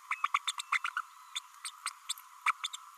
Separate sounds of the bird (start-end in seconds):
0.10-0.15, 0.24-0.28, 0.34-0.39, 0.47-0.51, 0.58-0.62, 0.72-0.78, 0.96-1.01, 1.35-1.39, 1.65-1.70, 2.09-2.12, 2.46-2.52, 2.73-2.76